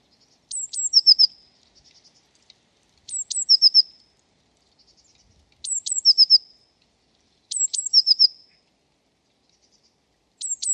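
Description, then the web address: Eurasian blue tit song: two high thin notes followed by a quick series of short lower notes, repeated about every two and a half seconds. "cianscape birddata Deverinetal 2025 File origin Bird Only Cy Ca"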